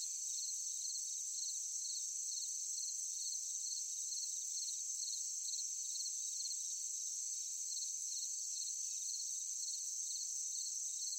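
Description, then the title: Cricket chirps pulse evenly, layered over an unbroken high-pitched insect drone throughout. Forest at night, summer night. "Sound of forest at night, crickets, cicadas, insects. ASMR Nature Sound"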